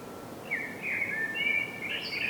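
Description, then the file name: Common blackbird song: a rich, fluty warbling phrase of sliding whistled notes that climbs into a higher, thinner flourish at the end. "Turdus merula"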